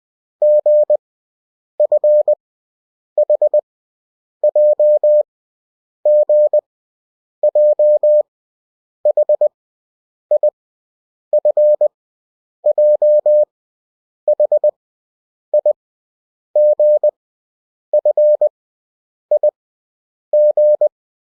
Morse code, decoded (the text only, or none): G F H J G J H I F J H I G F I G